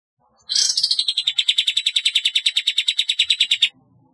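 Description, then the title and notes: Bulbul gives a fast rolling trill of many rapid notes, falling slightly at the start, then held steady for about three seconds. "Kicau Burung Kapas"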